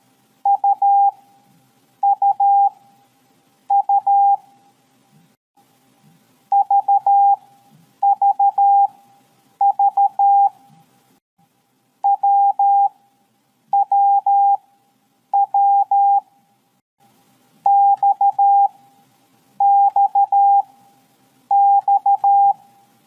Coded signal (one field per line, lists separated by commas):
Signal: Morse code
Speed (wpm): 13 wpm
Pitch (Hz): 800 Hz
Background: none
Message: UUU VVV WWW XXX